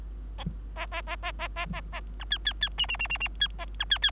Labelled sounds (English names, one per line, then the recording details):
Bengalese Finch song
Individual Bird3